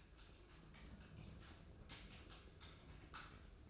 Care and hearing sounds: daily activity, microphone in the room; typing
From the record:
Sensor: 2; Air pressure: 995.1 hPa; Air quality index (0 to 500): 64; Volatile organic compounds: 2 ppm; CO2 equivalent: 1090 ppm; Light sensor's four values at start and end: 17/57/21/22 and 17/57/21/22

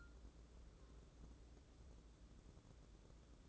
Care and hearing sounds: daily activity, microphone in the room; take from stove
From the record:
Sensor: 3

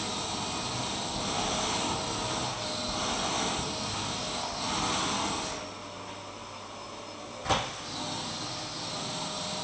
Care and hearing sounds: daily activity, microphone in the room; vacuum cleaning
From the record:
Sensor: 1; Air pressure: 1002.0 hPa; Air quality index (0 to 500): 242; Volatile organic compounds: 47 ppm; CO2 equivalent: 3255 ppm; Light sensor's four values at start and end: 8/28/10/11 and 8/28/10/11

